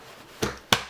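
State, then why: Seated. The centre hub of a cheap folding softbox that opens like an umbrella is pushed into the frame. A softer knock comes at 0.4 s, then a sharp click at 0.7 s as the hub clips into place, leaving the softbox fully assembled.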